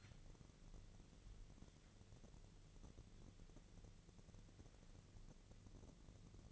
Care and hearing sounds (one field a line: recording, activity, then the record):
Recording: daily activity, microphone in the room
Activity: wipe stove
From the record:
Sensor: 4